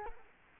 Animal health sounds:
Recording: mosquito wingbeat signal from an infrared sensor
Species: Culex quinquefasciatus

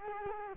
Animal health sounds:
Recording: mosquito wingbeat signal from an infrared sensor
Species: Culex quinquefasciatus

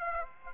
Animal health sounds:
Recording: mosquito wingbeat signal from an infrared sensor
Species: Aedes aegypti

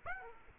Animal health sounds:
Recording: mosquito wingbeat signal from an infrared sensor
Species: Aedes aegypti

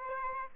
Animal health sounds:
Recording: mosquito wingbeat signal from an infrared sensor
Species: Aedes albopictus

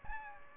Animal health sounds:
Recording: mosquito wingbeat signal from an infrared sensor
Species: Aedes albopictus

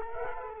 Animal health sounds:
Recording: mosquito wingbeat signal from an infrared sensor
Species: Culex quinquefasciatus

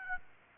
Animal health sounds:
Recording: mosquito wingbeat signal from an infrared sensor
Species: Aedes aegypti

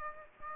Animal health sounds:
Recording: mosquito wingbeat signal from an infrared sensor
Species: Aedes aegypti

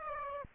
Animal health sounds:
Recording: mosquito wingbeat signal from an infrared sensor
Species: Aedes aegypti

